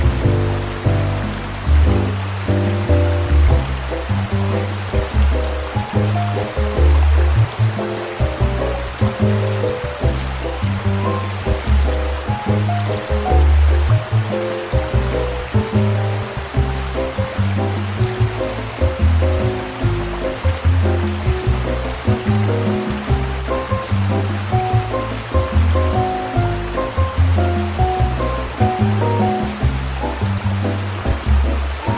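Soothing music plays over the steady rush of a waterfall. Deep bass notes pulse in a slow, regular pattern beneath a gentle mid-range melody, while the water's hiss fills the background evenly. The level stays constant for the whole stretch.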